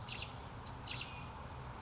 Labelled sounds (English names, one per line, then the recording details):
California Towhee
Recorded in Sonoma County, California